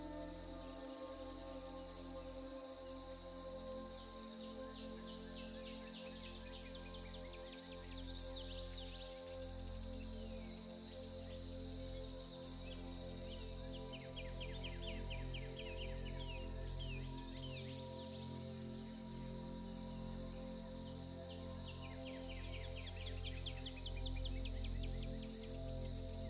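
Gentle music holds steady, sustained tones underneath natural sounds. Bright bird chirps and quick trills come in repeated bursts throughout, with a constant high insect-like hiss behind them. Soft, regular low pulses mark the first half, and the overall level stays even.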